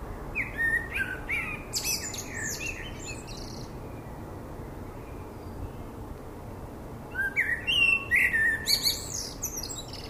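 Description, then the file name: Common blackbird song: two fluted, warbling phrases near the start and again after seven seconds, each ending in a high, squeaky twitter, with steady background hiss. "Turdus merula"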